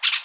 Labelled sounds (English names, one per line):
Brown-throated Parakeet contact call